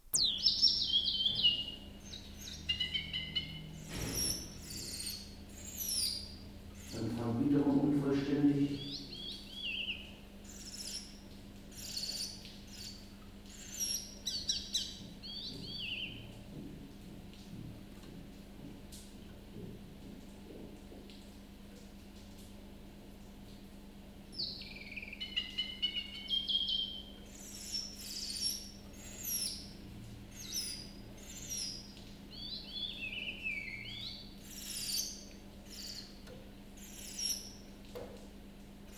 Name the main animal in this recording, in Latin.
Phylloscopus trochilus